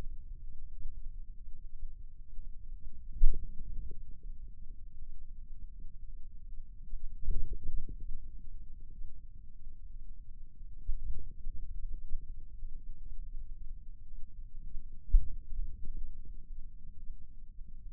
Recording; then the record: forearm muscle sounds (acoustic myography)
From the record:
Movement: ulnar deviation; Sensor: system 2, bracelet of six BSWA MPA416 microphones around the upper forearm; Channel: 1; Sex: male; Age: 22 years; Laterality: right